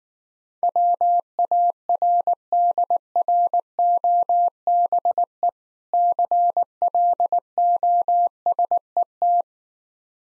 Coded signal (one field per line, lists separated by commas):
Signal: Morse code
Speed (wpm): 19 wpm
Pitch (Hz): 700 Hz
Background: none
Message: WARDROBE CLOSET